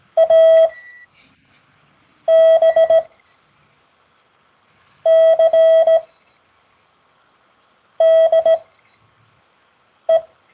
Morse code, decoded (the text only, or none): ABCDE